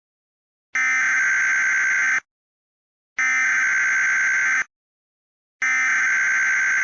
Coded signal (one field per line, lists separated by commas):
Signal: Emergency Alert System (SAME) tones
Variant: header bursts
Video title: EAS Scenario: Blood Night Remastered